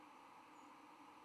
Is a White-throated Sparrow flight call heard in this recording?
yes